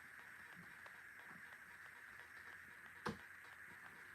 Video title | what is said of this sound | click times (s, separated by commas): Replacement Hot Toys DeLorean 2 LIVE UNBOXING - Will it be broken again? | okay there's the first click there's supposed to be two clicks right so you can take it out again | 3.1 s